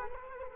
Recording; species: mosquito wingbeat signal from an infrared sensor; Culex quinquefasciatus